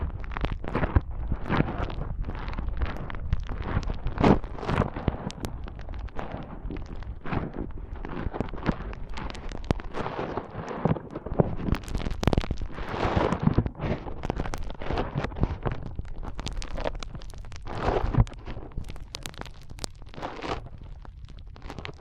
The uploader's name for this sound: ASMR Powerful Foam Brain Massage